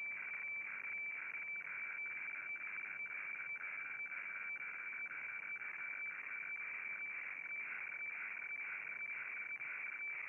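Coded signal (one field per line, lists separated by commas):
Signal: weather fax (radiofax)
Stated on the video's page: HF weather fax received on 7880 kHz with an MLA30 antenna.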